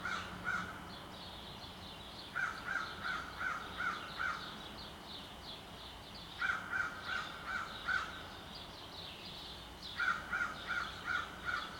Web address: Nature in the City AMB SUBURB Crow in City, Sparrow Chirps, Montreal, Canada